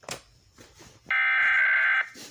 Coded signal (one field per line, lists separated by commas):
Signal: Emergency Alert System (SAME) tones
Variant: header bursts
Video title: EAS: Pennsylvania Required Monthly Tests (3/19/20)(EAS #275-280)